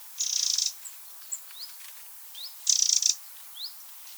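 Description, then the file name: Eurasian wren, two dry pulsing rattle calls a couple of seconds apart, with soft rising whistled notes between and after them. "Troglodytes troglodytes"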